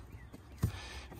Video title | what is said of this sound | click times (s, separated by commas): Breathe Easy With A New Cabin Air Filter For Your 2022/2023 Ford Maverick | and click there there we are | 0.6 s